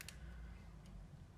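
A piece of a model bridge kit is pushed into the bridge frame and twisted until it snaps into place. Two short, sharp clicks sound at 0.0 and 0.1 seconds, followed by quiet low hum. The piece is seated in the frame.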